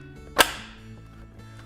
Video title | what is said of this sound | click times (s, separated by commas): Akrus SC-5010-HS / ES Mobile Operating Table | set up the battery on the rails and wait for the audible click | 0.4 s